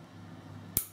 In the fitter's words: reconnect the cable you will hear a click it is now making contact and it is now lighting